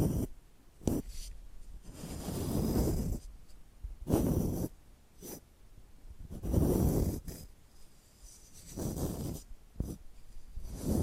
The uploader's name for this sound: Tapping and Scratching Sounds